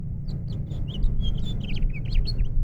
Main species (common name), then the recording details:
House Finch. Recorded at Oceanside on Long Island, New York, on 17 June 1975. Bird H